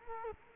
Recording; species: mosquito wingbeat signal from an infrared sensor; Culex quinquefasciatus